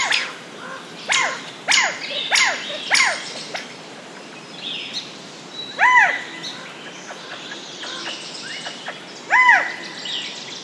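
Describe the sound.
Quail giving several arched calls in the first three seconds, then louder single calls near six and nine seconds.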